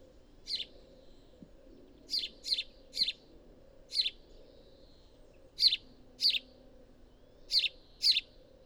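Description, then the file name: House sparrow chirping: short, sharp notes, some in quick pairs, repeated irregularly throughout over a faint low hum. "Passer domesticus"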